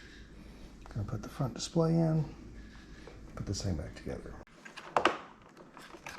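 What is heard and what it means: Someone talks while the plastic front panel and display assembly of an LG dishwasher (LDT5878BD / LDT5678ST) is put back together and handled toward the door housing, part of replacing the panel so the display works and has no more cracks. Brief sharp handling sounds occur around 5.0 s. Nothing has seated or clicked yet.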